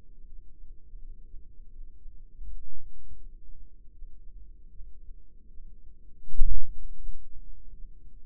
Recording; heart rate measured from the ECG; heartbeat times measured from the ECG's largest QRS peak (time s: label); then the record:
heart sounds by microphone in the left ear; 80 bpm
0.26 s: heartbeat
0.98 s: heartbeat
1.70 s: heartbeat
2.42 s: heartbeat
3.16 s: heartbeat
3.91 s: heartbeat
4.68 s: heartbeat
5.46 s: heartbeat
6.24 s: heartbeat
6.98 s: heartbeat
7.71 s: heartbeat
From the record:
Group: healthy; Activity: rest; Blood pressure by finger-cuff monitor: 132/84 mmHg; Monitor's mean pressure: 106 mmHg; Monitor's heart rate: 81 bpm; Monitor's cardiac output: 5.6 L/min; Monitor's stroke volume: 69 mL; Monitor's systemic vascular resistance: 1410 dyn s/cm5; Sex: female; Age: 51 years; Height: 162 cm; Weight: 70.04 kg